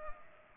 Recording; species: mosquito wingbeat signal from an infrared sensor; Culex pipiens